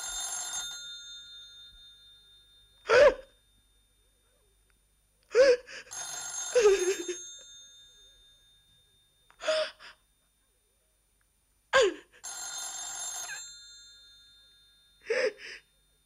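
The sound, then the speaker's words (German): An old-fashioned telephone bell rings in long, shrill bursts, three times with pauses between, while sharp, nervous gasps of breath break the silences. “Ich lasse es einfach klingeln.”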